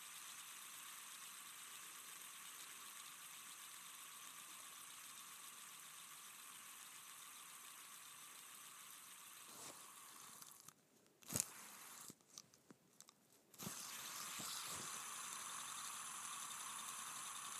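A fidget spinner whirs with a steady, bright hiss for about ten seconds. Around the tenth to fourteenth second the sound breaks up into gaps, clicks and sharp handling taps as it is stopped and flicked again. Then the even whir returns, slightly louder.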